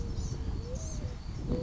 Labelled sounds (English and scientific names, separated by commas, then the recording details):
Blue-gray Gnatcatcher (Polioptila caerulea)
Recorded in Sonoma County, California